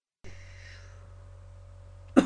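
A single short cough from an adult.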